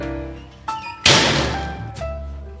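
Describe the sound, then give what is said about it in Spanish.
A door is opened: a soft knock or click, then a sudden broad noisy burst that slowly fades, with another dull knock near the end, over a low steady hum. “Simplemente abriendo una puerta como esta. Mira, escucha.”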